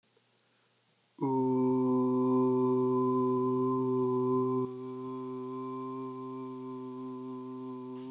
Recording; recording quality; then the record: sustained vowel as in boot; excellent, no background noise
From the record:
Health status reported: COVID-19 positive, mild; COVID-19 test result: positive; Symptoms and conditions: cold, sore throat, fatigue, muscle pain, loss of smell and taste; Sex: male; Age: 20 years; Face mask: not worn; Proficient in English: yes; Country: United States